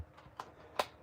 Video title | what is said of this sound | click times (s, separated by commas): Stampin Up//Jolly Holly Bundle//Online Exclusive//Sneak Peek//Christmas Card | Okay, there we go. So, it clicked into place. | 0.4 s, 0.8 s